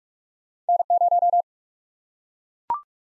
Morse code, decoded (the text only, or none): N 0